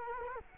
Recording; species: mosquito wingbeat signal from an infrared sensor; Culex quinquefasciatus